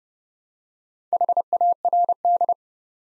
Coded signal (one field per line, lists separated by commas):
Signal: Morse code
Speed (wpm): 30 wpm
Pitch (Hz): 700 Hz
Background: none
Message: HARD